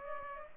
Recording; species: mosquito wingbeat signal from an infrared sensor; Culex pipiens